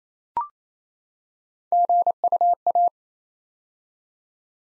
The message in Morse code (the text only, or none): GUA